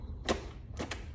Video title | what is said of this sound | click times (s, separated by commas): Sirena vacuum power nozzle troubleshooting | now to click it incorrectly it has to click you actually have to hear the click so | 0.3 s